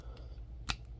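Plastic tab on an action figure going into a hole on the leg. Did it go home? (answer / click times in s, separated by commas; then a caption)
yes / 0.7 s. A plastic tab on a Transformers Studio Series 86 Bonecrusher action figure is pushed into a hole on the leg. After a faint tick around 0.2 s, a sharp, bright click sounds at 0.7 s as the tab seats in the hole.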